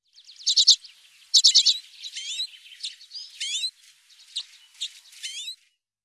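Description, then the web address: Common redpoll giving rapid chattering trills at first, then a run of twittering, upslurred and wavering notes, high-pitched and irregular, with no other clear sounds. "Sizerin flamme"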